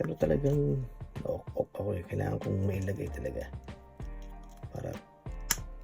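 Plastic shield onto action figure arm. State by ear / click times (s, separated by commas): seated / 5.5 s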